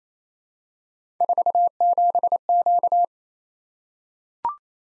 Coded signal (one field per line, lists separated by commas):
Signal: Morse code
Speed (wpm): 28 wpm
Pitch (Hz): 700 Hz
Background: none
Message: 47Q